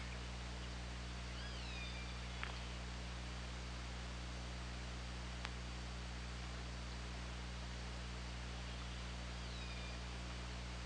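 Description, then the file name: Killer whale calls: a harmonic call that drops in pitch early on, a fainter similar call near the end, and two sharp clicks, with constant hiss and low droning hum. OrcaLab recording made 24 August 2017 at 19:28. "Orca Lab UTLN JASON 20170824 192850"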